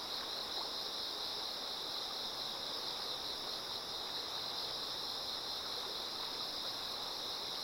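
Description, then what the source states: Many insects trilling as one even, high-pitched drone throughout, with rushing stream water heard underneath. Insects singing in chorus beside a slowly flowing river.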